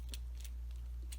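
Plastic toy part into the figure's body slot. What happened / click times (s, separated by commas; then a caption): The plastic part is being handled and has not yet seated / none. A plastic part of a Transformers Studio Series Deluxe Class Dropkick action figure is pushed toward its slot in the figure's body during the change to robot mode. Faint plastic ticks sound at about 0.1, 0.5 and 1.1 seconds over a steady low hum. Nothing has clicked or seated yet.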